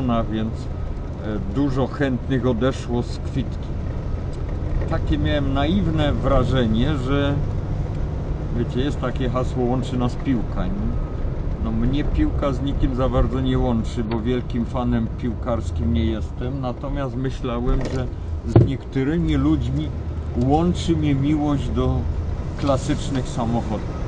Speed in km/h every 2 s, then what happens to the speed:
33, 33, 30, 36, 41, 40, 31, 22, 13, 6, 13, 21.
4-7 speeds up to 41. 10-17 brakes to 6. 17-24 speeds up to 21.